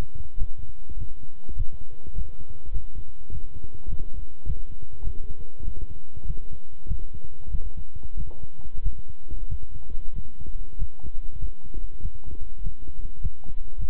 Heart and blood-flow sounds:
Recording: heart sounds by stethoscope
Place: between the tricuspid and mitral areas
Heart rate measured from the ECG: 98 bpm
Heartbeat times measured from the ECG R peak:
0.36 s: heartbeat
0.96 s: heartbeat
1.55 s: heartbeat
2.13 s: heartbeat
2.71 s: heartbeat
3.29 s: heartbeat
3.87 s: heartbeat
4.44 s: heartbeat
5.02 s: heartbeat
5.62 s: heartbeat
6.25 s: heartbeat
6.86 s: heartbeat
7.50 s: heartbeat
8.15 s: heartbeat
8.82 s: heartbeat
9.48 s: heartbeat
10.13 s: heartbeat
10.77 s: heartbeat
11.38 s: heartbeat
12.00 s: heartbeat
12.61 s: heartbeat
13.20 s: heartbeat
13.78 s: heartbeat
From the record:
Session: walking at 3.7 km/h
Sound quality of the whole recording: good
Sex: male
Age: 26 years

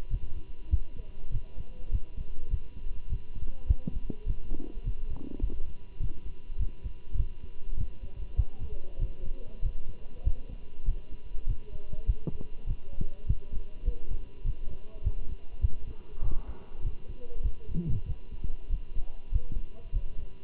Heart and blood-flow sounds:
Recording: heart sounds by stethoscope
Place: between the tricuspid and mitral areas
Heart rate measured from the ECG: 100 bpm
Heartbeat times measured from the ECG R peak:
0.11 s: heartbeat
0.71 s: heartbeat
1.32 s: heartbeat
1.92 s: heartbeat
2.51 s: heartbeat
3.10 s: heartbeat
3.68 s: heartbeat
4.27 s: heartbeat
4.85 s: heartbeat
5.42 s: heartbeat
6.00 s: heartbeat
6.59 s: heartbeat
7.17 s: heartbeat
7.78 s: heartbeat
8.37 s: heartbeat
9.00 s: heartbeat
9.63 s: heartbeat
10.24 s: heartbeat
10.86 s: heartbeat
11.47 s: heartbeat
12.07 s: heartbeat
12.67 s: heartbeat
13.27 s: heartbeat
13.86 s: heartbeat
14.45 s: heartbeat
15.04 s: heartbeat
15.62 s: heartbeat
16.23 s: heartbeat
16.83 s: heartbeat
17.43 s: heartbeat
18.06 s: heartbeat
18.70 s: heartbeat
19.33 s: heartbeat
19.93 s: heartbeat
From the record:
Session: walking at 3.7 km/h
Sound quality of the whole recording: good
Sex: male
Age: 23 years

